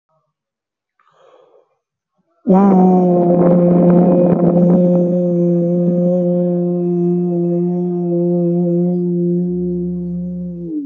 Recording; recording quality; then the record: sustained vowel as in boot; excellent, no background noise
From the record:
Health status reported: healthy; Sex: male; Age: 24 years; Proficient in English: yes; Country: India